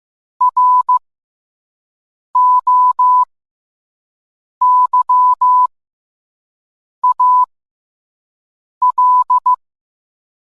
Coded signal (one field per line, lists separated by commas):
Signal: Morse code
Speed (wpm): 15 wpm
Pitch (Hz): 1000 Hz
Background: none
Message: ROYAL